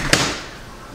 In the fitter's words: just snaps right in there.